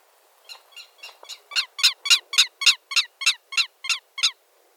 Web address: cantos teroserra